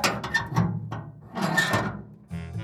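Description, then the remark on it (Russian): A heavy oak door studded with rusty nails swings back on its huge hinges when touched, with two long creaking, grinding swells followed by a lower scraping settle at the end. “Когда Вирджиния до нее дотронулась, дверь подалась назад на своих огромных петлях.”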